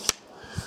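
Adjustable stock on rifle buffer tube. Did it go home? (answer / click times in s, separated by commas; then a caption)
yes / 0.1 s. A Magpul CTR telescoping polymer stock on the buffer tube of a 5.56 Crusader Weaponry Guardian carbine with a 16-inch barrel is adjusted, giving a single sharp, bright click at 0.1 s as it locks into position. A soft low thump follows near 0.6 s. The fully adjustable stock is seated and locked in place.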